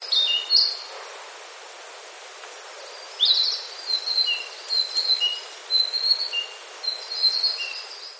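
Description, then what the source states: Narcissus flycatcher song: high, clear whistled phrases, with some notes sliding and others held, repeated in short bursts. Recorded in 2008.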